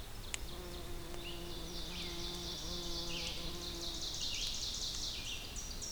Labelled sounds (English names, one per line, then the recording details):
Red-eyed Vireo song
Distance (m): 75 m
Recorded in boreal forest in Alberta, Canada, on 2 June 2016 at 07:47
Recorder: SongMeter 3, array SBT-3-7
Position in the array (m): 86 m, 123 m